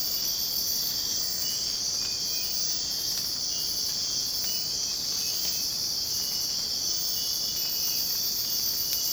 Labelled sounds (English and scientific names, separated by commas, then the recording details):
none
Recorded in secondary vegetation near Puerto Asís, Putumayo, Colombia, on 27 June 2025 at 05:00
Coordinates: 0.484, -76.319
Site G074